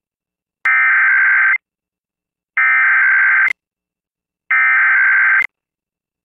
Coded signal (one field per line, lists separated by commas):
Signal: Emergency Alert System (SAME) tones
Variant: header bursts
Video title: EAS Civil Emergency Message North Dakota Statewide Alert (Silver Alert)